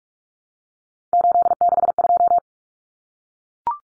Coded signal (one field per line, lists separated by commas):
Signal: Morse code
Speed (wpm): 44 wpm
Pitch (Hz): 700 Hz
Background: none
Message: 862